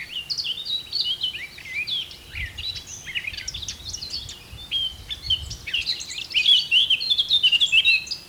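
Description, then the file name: Eurasian blackcap singing a continuous, jumbled warble of quick high notes that grows louder toward the end, with faint low rumbling underneath. "Sylvia atricapilla"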